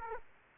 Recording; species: mosquito wingbeat signal from an infrared sensor; Aedes aegypti